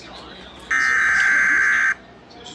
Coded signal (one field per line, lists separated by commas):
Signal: Emergency Alert System (SAME) tones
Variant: header bursts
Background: speech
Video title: EAS Severe Thunderstorm Warning for Virginia (EAS #109)